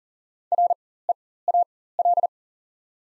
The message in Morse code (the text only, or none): REAL